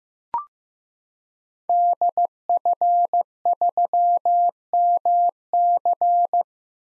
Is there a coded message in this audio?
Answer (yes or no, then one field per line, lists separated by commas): yes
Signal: Morse code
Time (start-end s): 1.7-6.4 s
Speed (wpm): 15 wpm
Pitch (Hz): 700 Hz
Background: none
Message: DF3MC